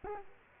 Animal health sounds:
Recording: mosquito wingbeat signal from an infrared sensor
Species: Culex quinquefasciatus

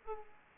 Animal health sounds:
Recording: mosquito wingbeat signal from an infrared sensor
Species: Aedes aegypti

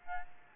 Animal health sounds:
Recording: mosquito wingbeat signal from an infrared sensor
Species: Aedes albopictus

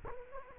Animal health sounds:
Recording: mosquito wingbeat signal from an infrared sensor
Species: Culex quinquefasciatus

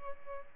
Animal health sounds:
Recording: mosquito wingbeat signal from an infrared sensor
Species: Aedes albopictus

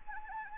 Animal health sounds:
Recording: mosquito wingbeat signal from an infrared sensor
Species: Anopheles arabiensis

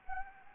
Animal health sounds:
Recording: mosquito wingbeat signal from an infrared sensor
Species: Anopheles gambiae

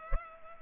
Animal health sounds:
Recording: mosquito wingbeat signal from an infrared sensor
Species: Culex pipiens

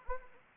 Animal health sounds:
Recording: mosquito wingbeat signal from an infrared sensor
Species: Anopheles arabiensis

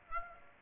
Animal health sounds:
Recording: mosquito wingbeat signal from an infrared sensor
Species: Aedes aegypti

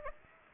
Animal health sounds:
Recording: mosquito wingbeat signal from an infrared sensor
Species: Aedes aegypti

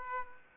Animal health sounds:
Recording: mosquito wingbeat signal from an infrared sensor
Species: Aedes aegypti

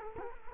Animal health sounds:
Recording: mosquito wingbeat signal from an infrared sensor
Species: Culex quinquefasciatus

